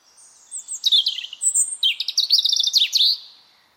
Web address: cianscape birddata Deverinetal 2025 File origin Bird Only